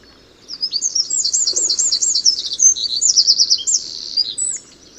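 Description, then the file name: Eurasian wren song: a rapid, high-pitched cascade of looping whistles and tight trills lasting about four seconds, quiet before and after. "Troglodytes troglodytes"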